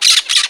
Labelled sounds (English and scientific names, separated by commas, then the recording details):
Brown-throated Parakeet (Eupsittula pertinax) contact call
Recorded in Margarita
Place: San Francisco, near stadium
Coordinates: 11.018, -64.294